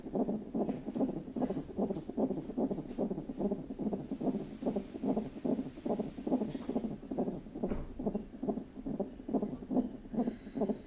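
Fast, regular soft thumping at about 140 beats a minute: a child's heartbeat.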